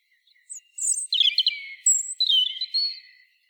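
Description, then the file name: European robin delivering a single song phrase of scratchy high twitters, a clear piping whistle and a trailing thin warble, lasting under three seconds. "Erithacus rubecula"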